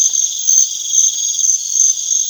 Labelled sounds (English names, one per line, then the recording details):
none
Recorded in pastures near Puerto Asís, Putumayo, Colombia, on 27 June 2025 at 01:00
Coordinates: 0.502, -76.324
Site G010